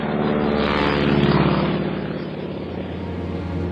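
A British Sopwith Camel propeller biplane's engine roars steadily as it launches from a platform on turret number 2 of the US battleship Texas at Guantanamo, Cuba, on 9 March 1919, and flies: a loud, buzzing drone with layered harmonics that swells briefly, then eases slightly while holding a constant throb. No voices.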